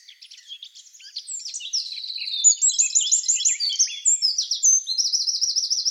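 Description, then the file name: Eurasian wren song that starts softly with scattered ticks, then builds into loud, rapid trills and high warbled phrases. "Troglodytes troglodytes"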